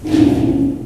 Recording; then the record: squeal of a Yucatan mini pig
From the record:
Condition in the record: before surgery on the right vocal fold (resection and tissue-engineered implant); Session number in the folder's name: 1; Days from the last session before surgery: -21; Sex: female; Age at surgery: 19 weeks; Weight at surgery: 25 kg